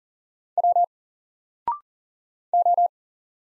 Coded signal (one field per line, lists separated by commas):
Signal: Morse code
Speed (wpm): 39 wpm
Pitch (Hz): 700 Hz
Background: none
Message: W O